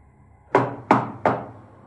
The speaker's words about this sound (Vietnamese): Đang nằm yên lành, tôi nghe thấy tiếng gõ cửa phòng.